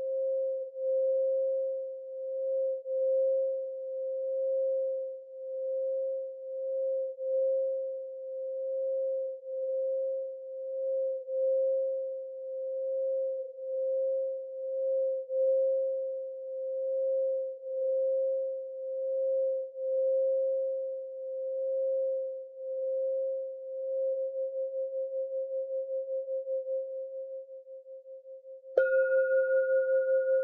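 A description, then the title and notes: A singing bowl hums one steady mid-pitched tone that wavers gently in loudness, pulsing slowly as it sustains for nearly half a minute. Near the end the bowl is struck again, and a louder, brighter ring joins above the hum. 528 Hz Singing bowl sound meditation with an antique Himalayan Mani bowl.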